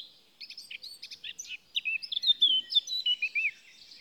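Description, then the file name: Eurasian blackcap song with scratchy clipped notes at first, then clearer swooping whistled phrases in a rapid sequence. "Sylvia atricapilla"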